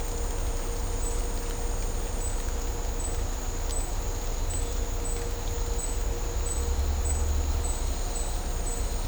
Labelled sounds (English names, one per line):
none